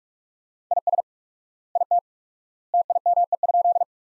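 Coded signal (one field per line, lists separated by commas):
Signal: Morse code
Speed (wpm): 41 wpm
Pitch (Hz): 700 Hz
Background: none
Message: IS IT TIME?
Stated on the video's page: Morse practice: sentences built from the top 100 words at 45 wpm with quadruple word-spacing, a word-based Farnsworth-like approach.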